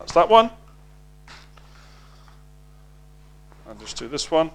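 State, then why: Not seated. With the first ear defender already fitted, the second plastic ear defender arm is picked up and lined up with the helmet's side slot while someone talks. Only faint handling knocks are heard, around 1.6, 2.3 and 3.5 s, over a steady low hum. It has not been pushed home yet, and nothing has clicked into place.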